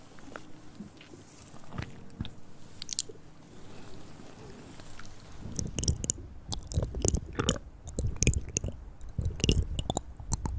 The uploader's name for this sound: Hand Sounds & Movements, Mouth Sounds